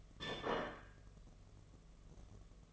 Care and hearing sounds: daily activity, microphone in the room; place plate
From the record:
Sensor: 4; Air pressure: 1015.9 hPa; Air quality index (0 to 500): 208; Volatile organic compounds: 13 ppm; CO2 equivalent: 2394 ppm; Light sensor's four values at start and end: 17/38/16/17 and 16/38/16/17

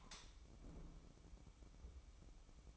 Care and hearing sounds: daily activity, microphone in the room; light on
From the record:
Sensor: 1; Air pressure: 1007.9 hPa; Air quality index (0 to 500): 124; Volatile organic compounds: 2 ppm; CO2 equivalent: 1046 ppm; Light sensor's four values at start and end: 8/20/8/9 and 13/38/14/16

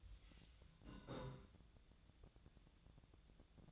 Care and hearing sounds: daily activity, microphone in the room; take from stove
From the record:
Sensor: 3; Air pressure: 1009.9 hPa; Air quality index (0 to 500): 188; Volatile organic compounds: 14 ppm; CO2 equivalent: 2452 ppm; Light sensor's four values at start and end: 42/105/45/48 and 42/105/45/48

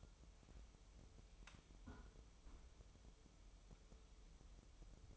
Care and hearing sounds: daily activity, microphone in the room; close fridge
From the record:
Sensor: 1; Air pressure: 988.4 hPa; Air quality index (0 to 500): 200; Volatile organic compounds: 1000 ppm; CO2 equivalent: 5336 ppm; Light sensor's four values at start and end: 27/100/37/39 and 27/100/37/39

